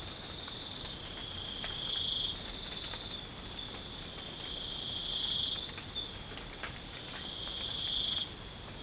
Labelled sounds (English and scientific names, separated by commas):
none